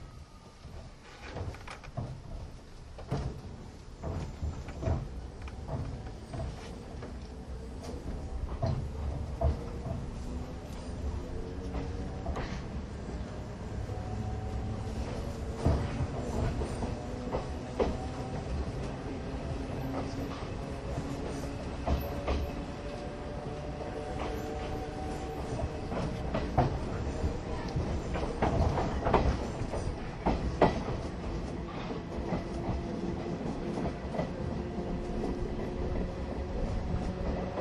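Interior running sound of an old passenger coach hauled by an E10 locomotive: steady low rumble, frequent clattering wheel clicks, and slowly rising tones.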